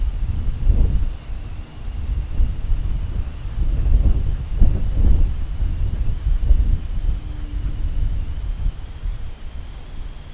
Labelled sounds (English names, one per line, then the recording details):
none
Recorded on Arctic tundra, site CORI-1, on 21 June 2018
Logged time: 00:00